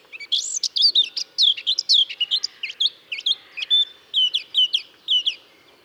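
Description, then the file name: Eurasian blackcap song of varied high, sharp, slurred notes in an irregular, hurried warble, with a faint low background hum. "Sylvia atricapilla"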